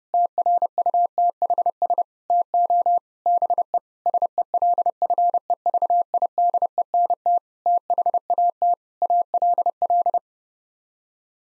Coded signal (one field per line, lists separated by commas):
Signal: Morse code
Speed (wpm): 32 wpm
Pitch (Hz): 700 Hz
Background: none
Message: TRUTHS TO BE SELFEVIDENT THAT ALL